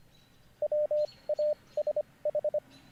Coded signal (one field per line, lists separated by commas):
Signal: Morse code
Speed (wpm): 25 wpm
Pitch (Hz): 600 Hz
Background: none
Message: WASH